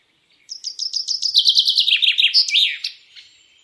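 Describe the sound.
Common chaffinch song, a rapid run of sharp repeated notes sliding downward in pitch and ending in a brisk terminal flourish.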